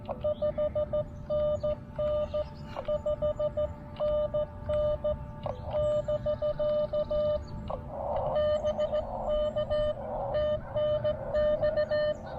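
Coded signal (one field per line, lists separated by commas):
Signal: Morse code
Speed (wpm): 15 wpm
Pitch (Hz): 590 Hz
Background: none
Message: 5NN 5NN <BK> BK TNX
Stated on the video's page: Morse from a first CW Parks on the Air activation.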